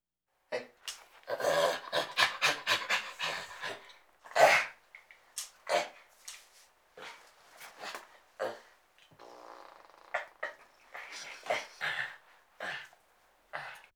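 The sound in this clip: Chimpanzee greeting calls: rapid breathy pants in quick bursts, a louder hoarse cry, then softer intermittent panting.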